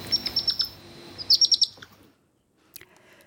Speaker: Och så här låter en igelkottsunge.